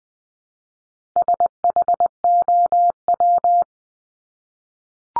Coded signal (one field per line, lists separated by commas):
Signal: Morse code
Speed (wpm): 20 wpm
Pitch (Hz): 700 Hz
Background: none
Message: SHOW